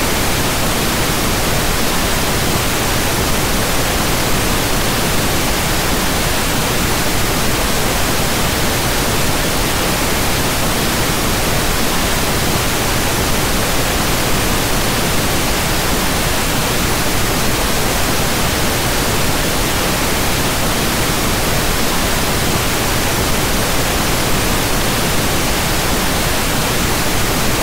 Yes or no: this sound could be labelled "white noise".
yes